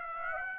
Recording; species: mosquito wingbeat signal from an infrared sensor; Aedes aegypti